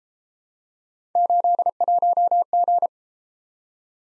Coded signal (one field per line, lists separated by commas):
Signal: Morse code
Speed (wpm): 32 wpm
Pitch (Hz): 700 Hz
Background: none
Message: 81G